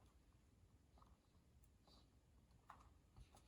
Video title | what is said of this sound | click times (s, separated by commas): HP Pavilion N5445 laptop disassembly and cmos battery removal | click. Front speaker. | 2.7 s